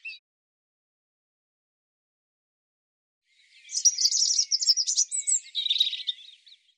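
European robin giving a single rich, high warble of rapid rippling notes lasting about three seconds, preceded by a long silence.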